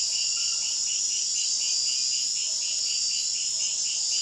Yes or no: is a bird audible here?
no